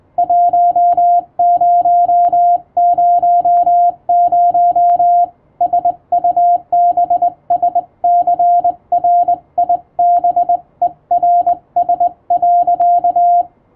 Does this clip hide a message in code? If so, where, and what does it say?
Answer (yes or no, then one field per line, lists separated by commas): yes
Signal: Morse code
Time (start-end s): 0.2-13.4 s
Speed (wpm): 21 wpm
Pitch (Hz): 700 Hz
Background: radio noise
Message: 1000 SUBSCRIBERS.